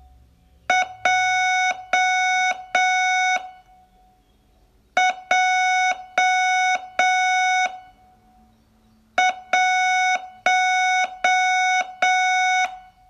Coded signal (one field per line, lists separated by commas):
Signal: Morse code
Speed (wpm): 7 wpm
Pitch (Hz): 740 Hz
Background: none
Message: J J 1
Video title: Learn Morse in 42 Days from VU2LAU - day11